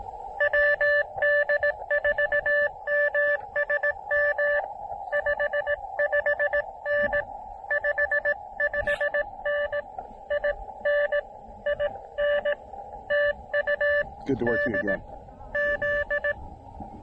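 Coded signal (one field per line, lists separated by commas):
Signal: Morse code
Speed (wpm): 19 wpm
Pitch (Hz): 590 Hz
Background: speech, radio noise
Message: WD4MSM 55N 55N INI N TU D Z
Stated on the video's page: SOTA QRP activation working DX with a KX2 and a 20 meter delta loop antenna, on 20, 10, 12 and 15 meters.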